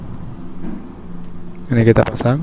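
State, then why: Not seated. A wiring connector is being lined up on the throttle position sensor of a Honda Verza motorcycle before it is pushed home, over a steady low hum. Someone talks near the end. Nothing has seated or clicked yet.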